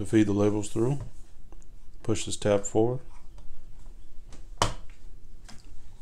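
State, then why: Released. Someone talks, then pushes the release tab on a Rollo label printer, and its plastic lid latch releases and pops up with a sharp snap at 4.6 s. A few faint ticks and handling sounds follow.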